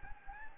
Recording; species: mosquito wingbeat signal from an infrared sensor; Anopheles gambiae